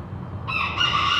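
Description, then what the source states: Chicken: rooster crowing, the loud start of a cock-a-doodle-doo breaking in halfway through, over faint low background hum. Recorded with traffic.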